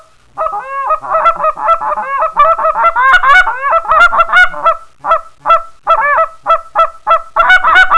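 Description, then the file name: Canada goose chorus of harsh, nasal honks, dense and overlapping at first, then spaced into a steady series of single honks. "Canada Honcker"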